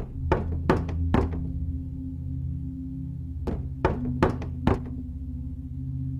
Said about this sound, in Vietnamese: Lại đủ 7 tiếng gõ vang lên ở ngoài cửa.